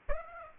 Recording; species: mosquito wingbeat signal from an infrared sensor; Aedes aegypti